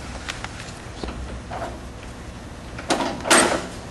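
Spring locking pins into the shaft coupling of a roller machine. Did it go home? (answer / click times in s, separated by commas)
no / none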